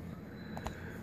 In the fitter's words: snap little click